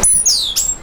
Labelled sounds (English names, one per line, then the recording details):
Stitchbird song
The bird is a male
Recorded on Tiritiri Matangi Island, New Zealand, in 2005
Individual 9, of nest box 11